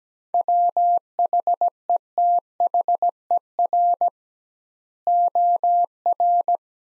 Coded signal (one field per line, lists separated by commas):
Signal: Morse code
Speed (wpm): 17 wpm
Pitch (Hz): 700 Hz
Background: none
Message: WHETHER OR